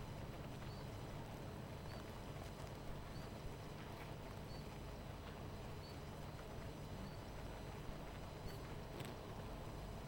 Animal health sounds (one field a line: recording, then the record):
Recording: honeybee colony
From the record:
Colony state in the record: missing queen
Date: 14 July 2017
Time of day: 18:54